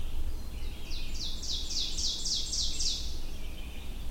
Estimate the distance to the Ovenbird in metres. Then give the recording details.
about 30 m. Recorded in boreal forest in Alberta, Canada, on 22 June 2016 at 08:58. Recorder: SongMeter 3, array SBT-6-76. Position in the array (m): 146 m, 113 m. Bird 3